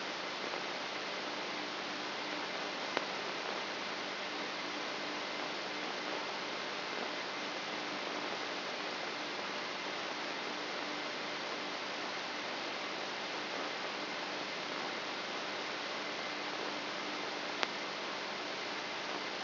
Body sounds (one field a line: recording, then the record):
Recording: brain microelectrode recording played as sound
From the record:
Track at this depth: outside the subthalamic nucleus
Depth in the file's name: 1.539 mm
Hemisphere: left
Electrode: 3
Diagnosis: Parkinson's disease